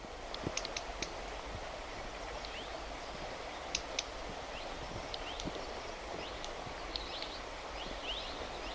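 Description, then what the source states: Black redstart calls: many dry ticking and clicking notes from several birds, irregular, with a few thin chirps, over steady rushing background noise. Young birds from several fledged broods at higher altitude in Mongolia, giving ticking, clicking or smacking calls.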